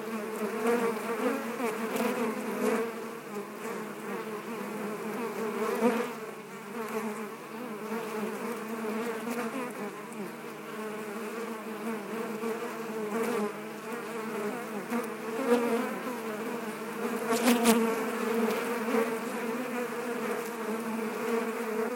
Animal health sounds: honeybee colony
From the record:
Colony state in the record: active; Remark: normal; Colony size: 10,000 bees

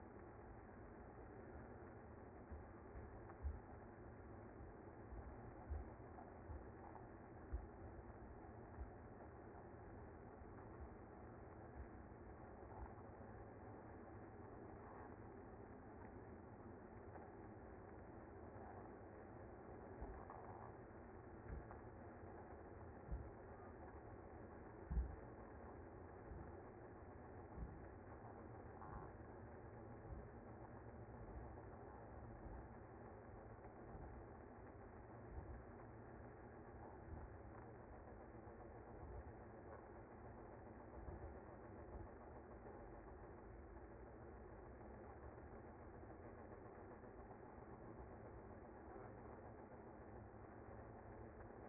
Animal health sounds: honeybee colony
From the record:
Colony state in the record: active

